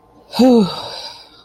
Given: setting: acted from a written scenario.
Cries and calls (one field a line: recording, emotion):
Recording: vocal sound without words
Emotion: contentment